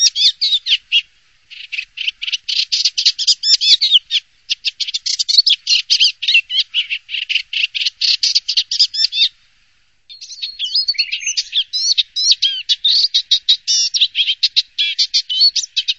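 Bird giving rapid chattering chirps in fast runs, a brief pause near ten seconds, then more varied twittering notes.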